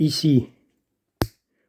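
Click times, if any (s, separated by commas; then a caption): 1.2 s. Someone talks, then a crimped terminal in a plastic connector housing is pressed to defeat the small plastic retaining tongue inside the housing. A sharp click sounds at 1.2 s as the terminal lock clicks open, and the terminal is released, popping free.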